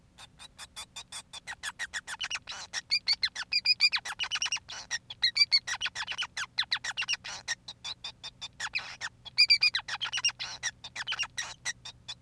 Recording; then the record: song of a male Bengalese finch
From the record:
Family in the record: son of father 5